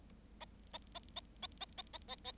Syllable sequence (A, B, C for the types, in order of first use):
A A A A A A A A A A